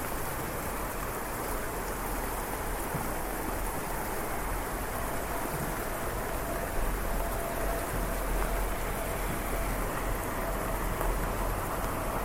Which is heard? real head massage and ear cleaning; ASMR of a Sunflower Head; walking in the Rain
walking in the Rain